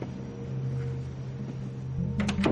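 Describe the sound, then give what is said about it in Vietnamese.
A door handle turns with a short creak and a couple of metallic rattling clicks near the end, following a steady low hum that runs underneath throughout. “Lại một lần nữa, tay cửa quay kêu ken két.”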